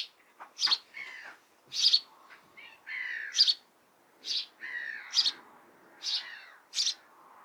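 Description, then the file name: House sparrow chirping: bright, harsh chirrup notes about once a second, some dropping into lower burry tones between them, with a faint background hiss. "Passer domesticus"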